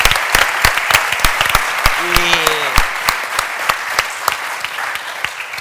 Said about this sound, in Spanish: Vale, aplauso para